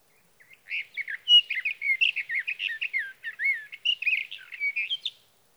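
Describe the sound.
Sage thrasher song, a long unbroken run of rapid, warbled notes and slurred whistles lasting about four and a half seconds, with no other sounds.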